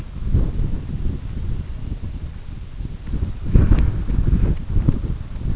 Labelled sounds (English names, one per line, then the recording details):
none
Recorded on Arctic tundra, site UTQI-5, on 25 June 2018
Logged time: 18:00